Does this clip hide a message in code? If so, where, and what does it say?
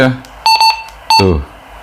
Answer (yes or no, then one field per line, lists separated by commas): no